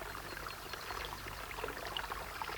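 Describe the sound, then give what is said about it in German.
Steady, soft water trickling and babbling at the spring of the Murr, a small tributary of the Neckar, about 450 metres above sea level in Stubensandstein in the Swabian Forest, about 60 km northeast of Stuttgart. Small bright splashes are scattered through a constant low wash, with no voices. “Dort, rund 450 Meter über dem Meeresspiegel, im Stubensandstein, ist die Quelle der Murr.”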